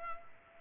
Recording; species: mosquito wingbeat signal from an infrared sensor; Culex pipiens